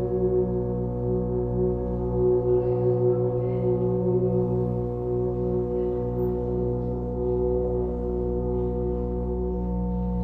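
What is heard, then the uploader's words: Earth horns sound with an electronic drone: a dense stack of steady low tones holding from start to finish, with a strong deep bass beneath. Bright ringing overtones shimmer faintly above, and the level barely changes, with only a slight dip around three seconds. Earth Horns with Electronic Drone.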